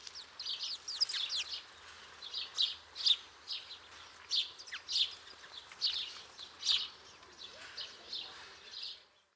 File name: Passer domesticus